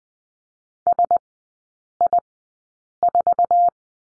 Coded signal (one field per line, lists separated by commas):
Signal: Morse code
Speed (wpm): 20 wpm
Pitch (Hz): 700 Hz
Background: none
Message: SI4